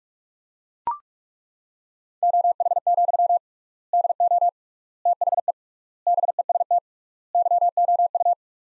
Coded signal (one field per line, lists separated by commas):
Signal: Morse code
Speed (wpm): 42 wpm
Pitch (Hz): 700 Hz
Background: none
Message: OH, DO THE BEST YOU